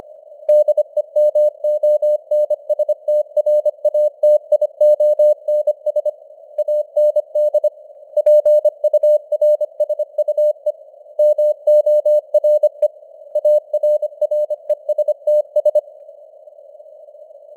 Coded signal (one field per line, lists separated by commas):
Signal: Morse code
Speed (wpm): 25 wpm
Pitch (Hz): 600 Hz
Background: none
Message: DEMONSTRATIONS AND PURSUE MORE ARRESTS